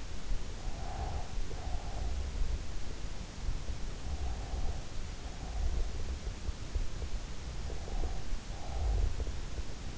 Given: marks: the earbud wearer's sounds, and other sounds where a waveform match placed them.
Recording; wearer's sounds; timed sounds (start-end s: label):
sounds in sleep by an in-ear microphone; breath
0.00-2.39 s: breath
4.01-5.94 s: breath
7.31-9.12 s: breath